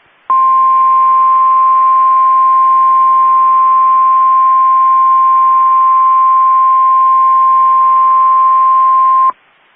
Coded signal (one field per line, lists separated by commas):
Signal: Emergency Alert System (SAME) tones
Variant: 1050 Hz attention tone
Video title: EAS 1804-1808 (5/10/22)